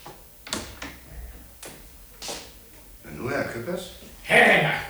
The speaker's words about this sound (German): Sie meinen die Klopperei?